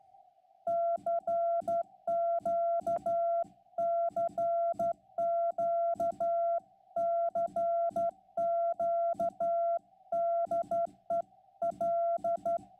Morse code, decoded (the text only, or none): CQ CQ CQ DE L